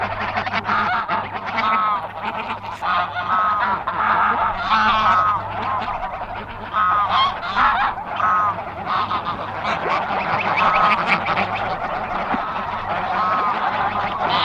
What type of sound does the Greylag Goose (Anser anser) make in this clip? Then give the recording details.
call. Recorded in the wild. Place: Trent, Insel Rügen, Mecklenburg-Vorpommern, DE. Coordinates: 54.555, 13.245. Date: 1975-09-03. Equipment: Nagra III BH, Sennheiser MD 21. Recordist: Schubert, Michael